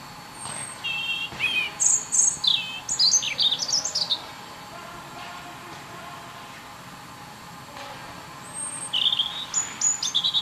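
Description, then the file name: European robin song: a burst of rapid, varied high whistles and descending slurs, a quiet gap, then another short run of thin, tinkling notes. "Erithacus rubecula"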